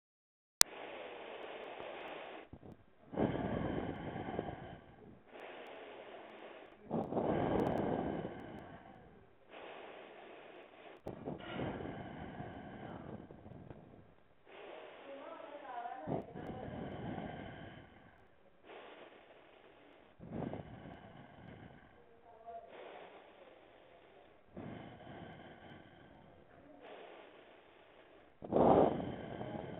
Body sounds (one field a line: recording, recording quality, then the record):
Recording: deep breathing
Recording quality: excellent, no background noise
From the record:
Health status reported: healthy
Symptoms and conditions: none ticked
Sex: male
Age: 32 years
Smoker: not ticked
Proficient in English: yes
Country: India